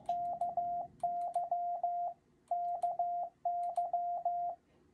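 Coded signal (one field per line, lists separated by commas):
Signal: Morse code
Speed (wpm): 15 wpm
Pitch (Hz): 700 Hz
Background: radio noise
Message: KY KY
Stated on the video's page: Morse illustrating what is copied and sent in a basic CW contact.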